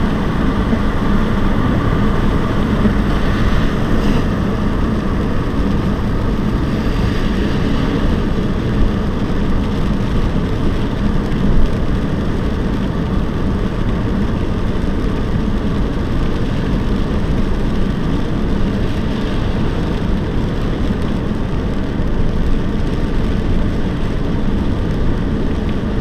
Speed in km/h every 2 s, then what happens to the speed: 75, 76, 76, 75, 75, 75, 74, 74, 74, 74, 73, 72, 72.
0-26 steady at about 74.